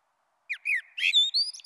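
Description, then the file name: Common blackbird song: a short fragment of low fluty whistles giving way to high thin squeaks and twitters. "Merle Noir"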